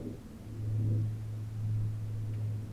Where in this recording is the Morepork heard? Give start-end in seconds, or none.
none